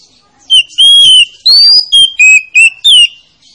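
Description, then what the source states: Oriental magpie-robin giving a short phrase of loud, pure whistles, alternating long level notes and brief upslurs with short gaps between them. Lure recording meant to make a reluctant magpie-robin sing.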